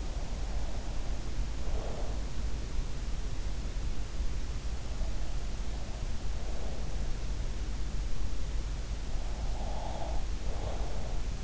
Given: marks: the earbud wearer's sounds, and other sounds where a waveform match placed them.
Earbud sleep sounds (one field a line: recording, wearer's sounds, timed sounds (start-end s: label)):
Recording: sounds in sleep by an in-ear microphone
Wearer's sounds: breath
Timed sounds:
0.00-2.41 s: breath
4.97-7.33 s: breath
9.59-11.44 s: breath